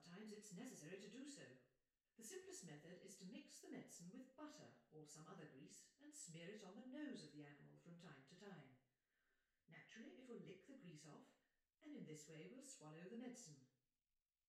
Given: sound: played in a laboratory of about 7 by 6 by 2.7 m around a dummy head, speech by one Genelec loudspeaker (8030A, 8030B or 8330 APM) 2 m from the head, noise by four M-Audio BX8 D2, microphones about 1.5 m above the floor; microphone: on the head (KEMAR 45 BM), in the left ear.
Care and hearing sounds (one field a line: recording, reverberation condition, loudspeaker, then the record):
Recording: female speech in English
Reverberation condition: medium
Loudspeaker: 120 degrees to the right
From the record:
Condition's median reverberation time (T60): about 510 ms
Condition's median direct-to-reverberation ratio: about -0.5 dB